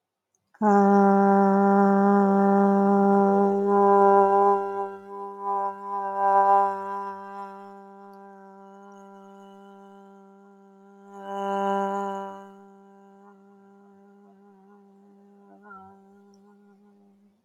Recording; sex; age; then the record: vowel held as long as possible; female; 30 to 39 years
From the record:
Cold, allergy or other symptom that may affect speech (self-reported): no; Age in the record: 34 years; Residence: Georgia, United States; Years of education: 16